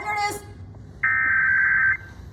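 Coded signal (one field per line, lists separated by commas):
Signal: Emergency Alert System (SAME) tones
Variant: header bursts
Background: speech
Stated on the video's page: Real EAS radio test, not a fake.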